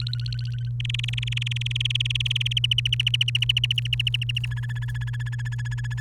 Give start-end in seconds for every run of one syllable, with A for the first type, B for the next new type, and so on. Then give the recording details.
0.00-0.69 A, 0.80-2.53 B, 2.56-4.46 C, 4.51-6.01 D. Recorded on 30 April 2018 at 07:00. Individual llb3